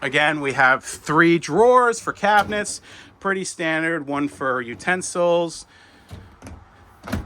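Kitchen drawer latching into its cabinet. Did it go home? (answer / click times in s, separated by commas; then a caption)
yes / 7.1 s. A kitchen cabinet drawer in a bus conversion is closed and locks into place with its lock. Someone talks for about the first six seconds, then soft knocks come around 6.4–6.5 seconds and a sharp latching click at 7.1 seconds as the drawer seats.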